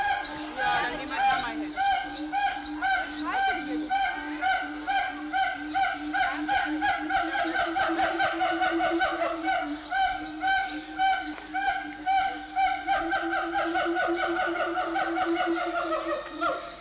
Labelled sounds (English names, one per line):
Siamang